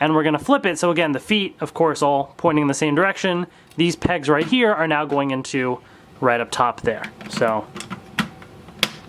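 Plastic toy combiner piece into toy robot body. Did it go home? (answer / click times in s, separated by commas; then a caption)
yes / 8.8 s. Someone talks while flipping a plastic toy combiner piece and pushing its pegs into the top of a toy robot body. A few small knocks follow, and the pegs click into place with a sharp snap at 8.8 seconds.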